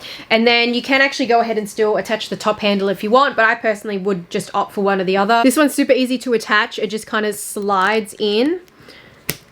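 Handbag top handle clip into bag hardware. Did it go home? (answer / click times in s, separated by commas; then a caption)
yes / 9.3 s. Someone talks while a top handle attachment is slid into its fitting on the hardware of a leather handbag. At 9.3 s a short, sharp click is heard as the handle clip seats into the bag.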